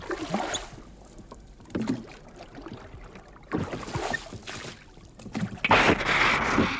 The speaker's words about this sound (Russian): Сначала все было прекрасно. Только плеск весел слышался до скрипения расшатанных уключек.